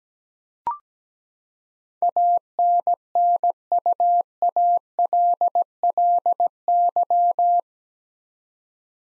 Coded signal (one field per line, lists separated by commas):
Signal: Morse code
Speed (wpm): 17 wpm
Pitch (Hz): 700 Hz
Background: none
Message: ANNUALLY